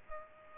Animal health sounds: mosquito wingbeat signal from an infrared sensor; Culex pipiens

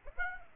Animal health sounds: mosquito wingbeat signal from an infrared sensor; Aedes aegypti

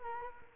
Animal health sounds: mosquito wingbeat signal from an infrared sensor; Culex quinquefasciatus

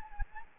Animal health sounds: mosquito wingbeat signal from an infrared sensor; Anopheles gambiae

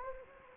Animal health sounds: mosquito wingbeat signal from an infrared sensor; Anopheles gambiae

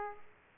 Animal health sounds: mosquito wingbeat signal from an infrared sensor; Aedes aegypti

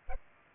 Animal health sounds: mosquito wingbeat signal from an infrared sensor; Culex pipiens

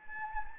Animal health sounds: mosquito wingbeat signal from an infrared sensor; Anopheles gambiae

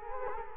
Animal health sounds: mosquito wingbeat signal from an infrared sensor; Culex quinquefasciatus

